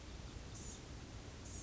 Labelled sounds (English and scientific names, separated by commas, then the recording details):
Blue-gray Gnatcatcher (Polioptila caerulea)
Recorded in Sonoma County, California